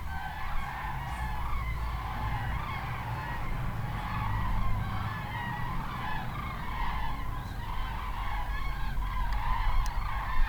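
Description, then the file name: Goose: geese honking in a constant overlapping chorus, partly masked by heavy low-frequency rumble. "Wild Geese"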